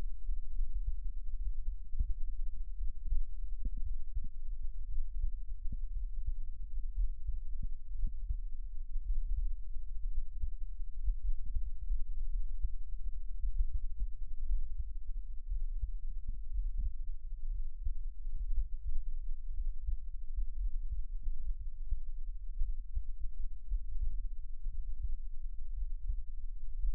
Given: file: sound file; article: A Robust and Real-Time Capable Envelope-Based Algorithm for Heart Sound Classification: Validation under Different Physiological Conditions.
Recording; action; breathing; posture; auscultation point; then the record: heart sounds by electronic stethoscope; rest; normal; sitting; sternum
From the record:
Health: healthy, no known heart disease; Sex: male